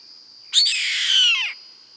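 Bird call: one loud, raspy screech of about a second, dropping away in a downward slur at the end, over a steady high-pitched background whine.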